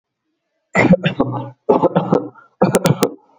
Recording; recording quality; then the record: shallow voluntary cough; excellent, no background noise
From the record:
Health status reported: healthy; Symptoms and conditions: none ticked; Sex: male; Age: 37 years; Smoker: not ticked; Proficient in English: yes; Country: India